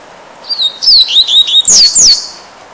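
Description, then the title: Double-collared Seedeater song phrase: high thin whistles with rapid downslurred notes, ending in two loud sweeping notes, all delivered in under two seconds. "Canto Coleiro"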